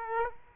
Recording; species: mosquito wingbeat signal from an infrared sensor; Aedes aegypti